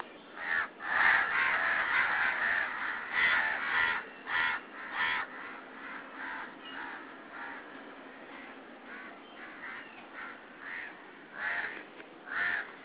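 Crow giving harsh, raspy caws in uneven series, rising and falling in loudness throughout.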